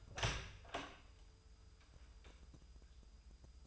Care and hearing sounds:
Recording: daily activity, microphone in the room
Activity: open door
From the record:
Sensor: 2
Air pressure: 996.0 hPa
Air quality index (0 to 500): 46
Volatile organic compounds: 1 ppm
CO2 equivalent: 899 ppm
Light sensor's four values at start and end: 11/27/11/12 and 11/27/11/12

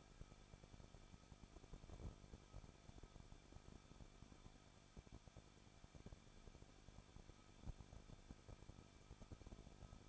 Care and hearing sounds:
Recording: daily activity, microphone in the room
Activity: no activity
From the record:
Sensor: 5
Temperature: 20.9 degrees Celsius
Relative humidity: 38.1%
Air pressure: 1006.4 hPa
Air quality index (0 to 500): 187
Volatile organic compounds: 18 ppm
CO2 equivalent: 2624 ppm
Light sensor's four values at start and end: 2/3/1/1 and 2/3/1/1

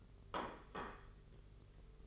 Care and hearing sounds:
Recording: daily activity, microphone in the room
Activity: place plate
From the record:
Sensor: 4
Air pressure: 991.6 hPa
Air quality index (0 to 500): 128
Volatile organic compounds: 37 ppm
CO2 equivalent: 3105 ppm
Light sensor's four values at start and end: 20/64/24/24 and 20/64/24/24

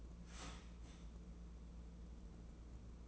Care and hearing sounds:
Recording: daily activity, microphone in the room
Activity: start toaster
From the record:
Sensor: 1

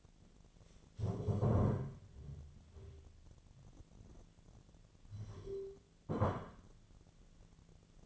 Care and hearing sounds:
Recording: daily activity, microphone in the room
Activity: stand up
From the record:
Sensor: 4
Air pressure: 1008.8 hPa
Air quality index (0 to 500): 171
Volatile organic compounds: 5 ppm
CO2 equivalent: 1714 ppm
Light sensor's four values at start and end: 23/72/27/26 and 23/72/27/26

